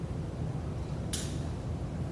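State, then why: Seated. The pan of a steel foothold trap is brought down to level until the dog engages the pan notch, and the night latch gives a single sharp, bright click at 1.1 seconds over a steady low background rumble. The trap is set.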